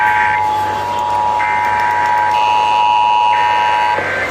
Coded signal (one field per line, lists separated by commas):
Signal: Emergency Alert System (SAME) tones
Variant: 853 and 960 Hz attention tone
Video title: EAS- KZXY Required Monthly Test (RMT) KATJ, KIXW, KIXA, KLXD, KYZA-FM, and Spectrum Cable (5/3/23)